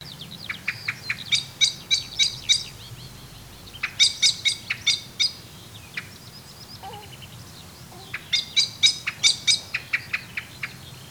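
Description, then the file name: Common blackbird calls: rapid runs of sharp, clipped notes, three bursts separated by pauses, with a faint lower sound midway. "Turdus merula"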